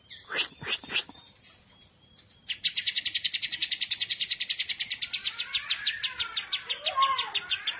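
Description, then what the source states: Lovebird gives two sharp calls, then a long fast run of buzzy high chatter notes that gradually softens, with a few descending chirps near the end. Described as konslet.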